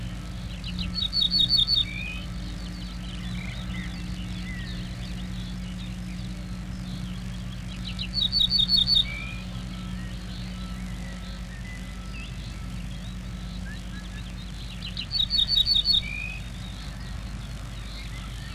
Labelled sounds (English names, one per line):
Ortolan Bunting song